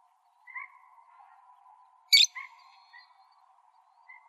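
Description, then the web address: Parrot call: one brief, harsh screech standing out among a few soft two-note calls. "Parrots AZFO deviche"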